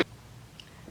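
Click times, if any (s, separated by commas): 0.6 s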